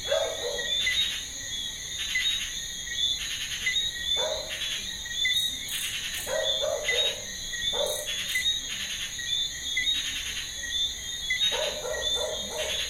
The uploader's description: Evening recording in in the garden. We can hear the dog`s barking, some cats, crickets and frogs (Eleutherodactylus). Sometimes the sound of cars passing. Sounds of the TV and conversations of the home owners.